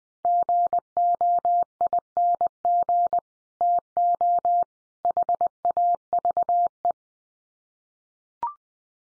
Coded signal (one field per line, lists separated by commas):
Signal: Morse code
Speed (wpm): 19 wpm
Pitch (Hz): 700 Hz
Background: none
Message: GOING TO HAVE